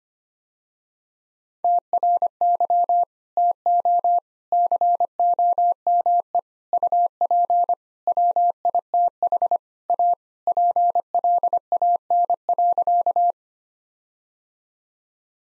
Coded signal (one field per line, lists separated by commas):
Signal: Morse code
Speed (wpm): 25 wpm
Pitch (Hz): 700 Hz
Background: none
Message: TRY TO COME UP WITH A PLAN.